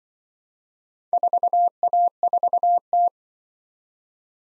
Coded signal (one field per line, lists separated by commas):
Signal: Morse code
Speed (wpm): 24 wpm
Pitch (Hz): 700 Hz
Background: none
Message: 4A4T